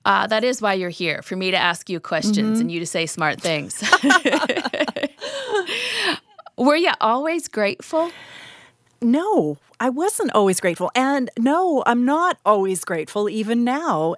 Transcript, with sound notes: That is why you’re here—for me to ask you questions and for you to say smart things. (laughter) Were you always grateful?
No, I wasn’t always grateful, and no, I’m not always grateful even now.